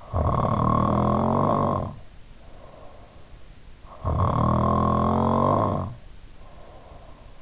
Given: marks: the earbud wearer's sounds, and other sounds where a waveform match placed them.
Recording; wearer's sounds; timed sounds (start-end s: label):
sounds in sleep by an in-ear microphone; snoring breath
0.00-3.25 s: snoring breath
4.11-7.37 s: snoring breath